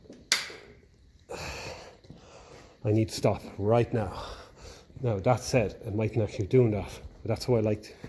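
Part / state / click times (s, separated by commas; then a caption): brake pedal parking latch on tractor ratchet quadrant / seated / 0.3 s. On a 1954 Ferguson 20 TEF Diesel tractor, the brake pedal is pressed down until its parking latch catches the fourth notch of the ratchet quadrant, where the brakes are fairly solid. A sharp click is heard at 0.3 s, and the latch is seated. Someone then talks.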